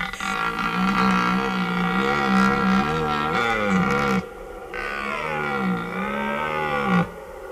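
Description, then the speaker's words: Red deer roaring: long, deep, moaning bellows rich in harmonics, wavering in pitch, two drawn-out roars separated by a short break. Red deer can be heard calling for almost the whole month. "tai taurieji elniai, tai jie taip skamba."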